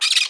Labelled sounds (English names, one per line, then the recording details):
Brown-throated Parakeet contact call
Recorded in Margarita
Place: San Francisco, near stadium
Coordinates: 11.018, -64.294